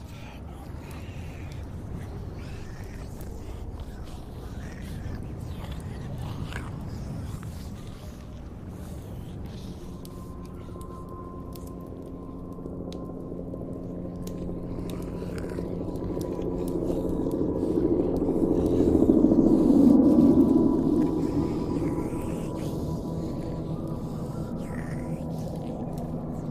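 Low, droning moans and groans build over a steady rumbling background, with a sustained wavering tone entering around ten seconds and swelling to its loudest near twenty seconds before easing off. Faint wet clicks and scrapes scatter throughout.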